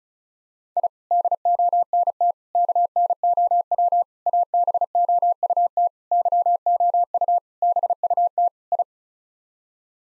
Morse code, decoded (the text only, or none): I DONT KNOW ABOUT YOU BUT I